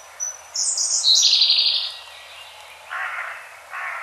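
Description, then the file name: Siberian blue robin song: a thin high note, then a high, fast trill lasting just over a second, followed by two lower, softer sounds. "koruri"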